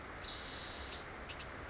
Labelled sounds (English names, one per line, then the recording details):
Spotted Towhee
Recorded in Sonoma County, California